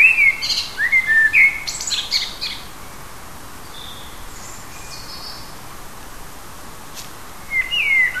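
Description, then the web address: Bird song in brief chirping, twittering bursts at the start, then a long quiet pause before another short twittering phrase near the end. Native hedgerow birds, recorded in June. "oeko hecke vogel juni vogel heimisch"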